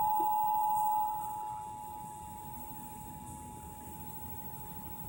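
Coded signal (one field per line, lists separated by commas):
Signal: Emergency Alert System (SAME) tones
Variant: 853 and 960 Hz attention tone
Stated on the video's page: Nationwide EAS test for the United States, administered by FEMA in cooperation with the FCC.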